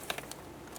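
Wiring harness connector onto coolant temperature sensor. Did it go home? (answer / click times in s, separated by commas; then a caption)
no / none. A wiring harness plug, a plastic connector with a locking tab, is lined up and handled over the new coolant temperature sensor on a 1993-1997 Ford Ranger. A few short, sharp ticks come at about 0.1, 0.2, 0.3 and 0.8 seconds over a low background. Nothing has seated or clicked yet; the connector is not home.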